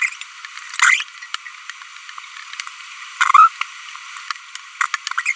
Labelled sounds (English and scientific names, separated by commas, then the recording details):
Green-rumped Parrotlet (Forpus passerinus) babbling
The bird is a female
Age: 25 days
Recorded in a nest box in Venezuela
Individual 17B42B1